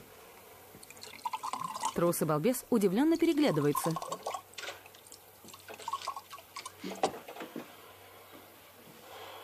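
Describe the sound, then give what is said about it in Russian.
Milk pours from a freshly opened bottle tilted over a table into glasses with soft gurgling and scattered drips, partly covered by a man speaking over it. “Открывает бутылку, наклоняет над столом.”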